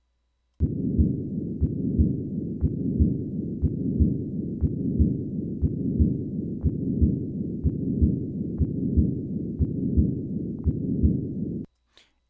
Machinery-like murmur of a patent ductus arteriosus.